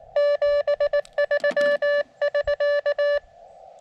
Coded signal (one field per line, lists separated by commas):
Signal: Morse code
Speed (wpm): 18 wpm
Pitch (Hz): 1750 Hz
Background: none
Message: 73<SK>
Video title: QRP CW POTA at US-5221 with the KX2